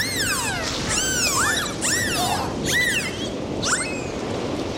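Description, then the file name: Dolphin whistles, a lively series of rising-and-falling arched whistles repeated about every second against a constant hiss. "Zvuki Prirody - Vesyolye Delfiny"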